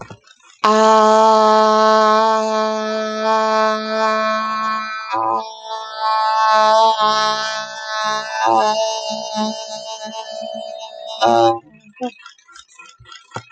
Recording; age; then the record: vowel held as long as possible; 30 to 39 years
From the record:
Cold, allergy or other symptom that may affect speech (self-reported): no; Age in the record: 33 years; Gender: other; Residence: Texas, United States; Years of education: 16